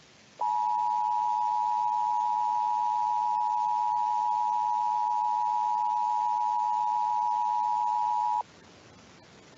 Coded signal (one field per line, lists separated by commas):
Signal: Emergency Alert System (SAME) tones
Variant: 853 and 960 Hz attention tone